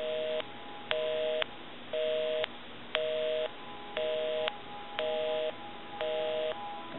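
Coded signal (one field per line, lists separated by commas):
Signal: telephone call progress tone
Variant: North America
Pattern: busy tone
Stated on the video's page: Heard on a Western Electric Sculptura donut telephone during initial checkout and repair.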